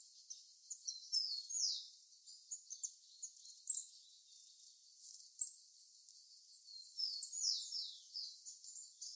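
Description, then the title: Bird singing a steady stream of high, thin, downslurred notes and twitters, with soft background hiss throughout. "LuckyPassaro Completos2Sama"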